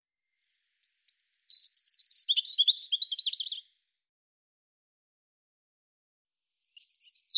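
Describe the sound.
European robin song: a thin, high warbled phrase that slides down into a rapid twittering trill, a pause of about three seconds, then a new phrase begins.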